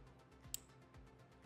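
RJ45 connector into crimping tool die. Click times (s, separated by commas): 0.5 s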